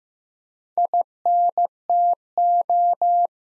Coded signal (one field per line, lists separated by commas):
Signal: Morse code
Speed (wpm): 15 wpm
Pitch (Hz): 700 Hz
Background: none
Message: INTO